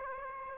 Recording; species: mosquito wingbeat signal from an infrared sensor; Aedes aegypti